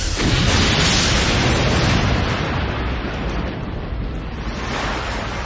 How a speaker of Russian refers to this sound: Устье реки Нэн провалилось, и туда хлынуло море из бухты Уэш.